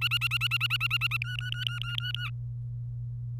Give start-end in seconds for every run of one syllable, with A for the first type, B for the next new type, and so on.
0.01-1.17 A, 1.22-2.30 B